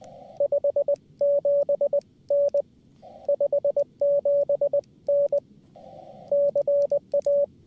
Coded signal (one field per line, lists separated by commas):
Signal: Morse code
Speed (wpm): 20 wpm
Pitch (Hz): 570 Hz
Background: radio noise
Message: 57N 57N CA